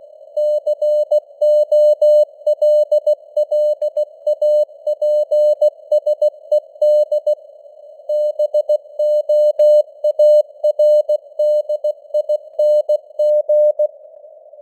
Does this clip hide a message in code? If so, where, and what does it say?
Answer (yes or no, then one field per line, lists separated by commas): yes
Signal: Morse code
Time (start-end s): 0.4-13.9 s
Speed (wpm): 16 wpm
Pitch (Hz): 600 Hz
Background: none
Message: COLLAPSED BOARDING